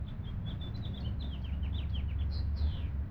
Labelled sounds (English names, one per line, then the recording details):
House Finch song
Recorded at Lynbrook on Long Island, New York, on 17 June 1975
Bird F